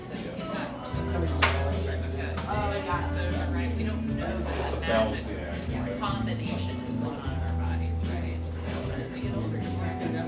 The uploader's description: café sounds from a little drip coffee joint in eastern Seattle